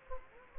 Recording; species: mosquito wingbeat signal from an infrared sensor; Anopheles gambiae